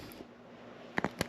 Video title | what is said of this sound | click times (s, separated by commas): I Returned My Lectric XP Trike 2.0 750w - Replacement | There, clicks right in. | 1.0 s